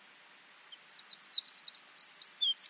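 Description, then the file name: Eurasian wren: a rapid stream of high, sharp twittering notes over faint hiss, lasting a little over two seconds. "Troglodytes troglodytes"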